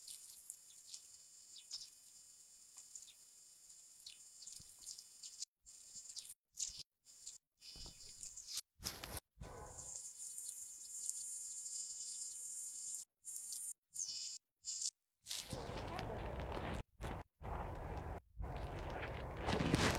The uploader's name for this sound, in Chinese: 沙河北岸鸟鸣记录